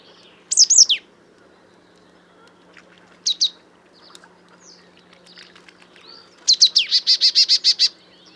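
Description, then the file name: Marsh tit calls: sharp, high explosive notes near the start and again a few seconds later, then a quick run of even, repeated chattering notes. "Poecile palustris"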